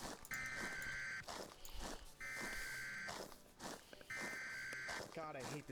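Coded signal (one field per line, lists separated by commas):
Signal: Emergency Alert System (SAME) tones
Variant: header bursts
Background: speech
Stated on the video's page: Emergency alert tones in the Creatures of Sonaria game, as part of analog horror lore; not a real broadcast.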